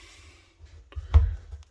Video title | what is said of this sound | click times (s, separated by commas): 20230310 D214 Ejector02 | Heard it pop? That's a nice seal. | 1.1 s